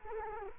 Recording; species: mosquito wingbeat signal from an infrared sensor; Culex quinquefasciatus